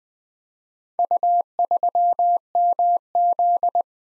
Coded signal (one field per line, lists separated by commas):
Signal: Morse code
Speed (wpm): 20 wpm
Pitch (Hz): 700 Hz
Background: none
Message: U3MZ